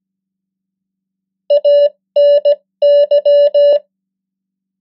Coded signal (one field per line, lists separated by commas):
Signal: Morse code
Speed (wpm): 17 wpm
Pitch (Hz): 580 Hz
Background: none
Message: ANY